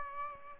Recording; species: mosquito wingbeat signal from an infrared sensor; Aedes albopictus